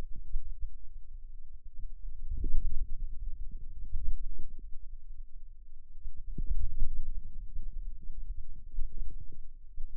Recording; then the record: forearm muscle sounds (acoustic myography)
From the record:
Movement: ulnar deviation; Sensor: system 2, bracelet of six BSWA MPA416 microphones around the upper forearm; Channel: 5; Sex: male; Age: 22 years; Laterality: right